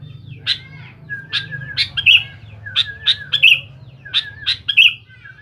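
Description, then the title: Sooty-headed bulbul song of sharp, bright chirps in quick pairs and triplets, mixed with lower wavering whistles, over a steady low hum. "Kutilang"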